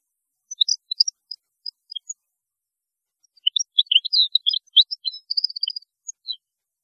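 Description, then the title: European goldfinch song: scattered high, tinkling notes, then a denser run of twittering chirps. "Chant Chardonneret"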